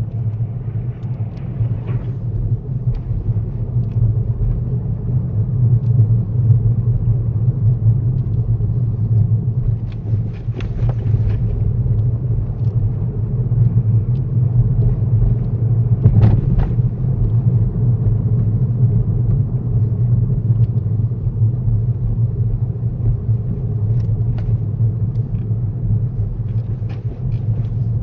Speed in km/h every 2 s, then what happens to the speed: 15, 13, 18, 23, 19, 21, 23, 24, 24, 21, 18, 19, 18, 18.
0-13 speeds up to 24. 13-28 steady at about 19.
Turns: none.